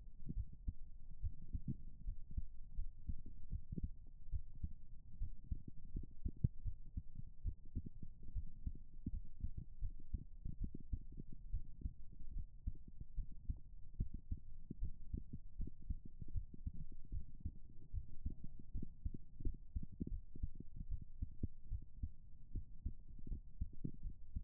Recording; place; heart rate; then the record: heart sounds by stethoscope; pulmonary valve (PV); 73 bpm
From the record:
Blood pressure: 125/82 mmHg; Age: 25 years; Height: 166 cm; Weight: 58 kg